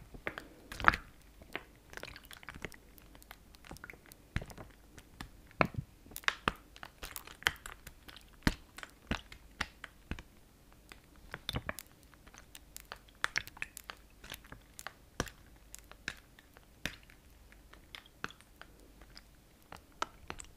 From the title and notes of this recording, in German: Liquid Sounds. Unterschiedliche Wasser Trigger.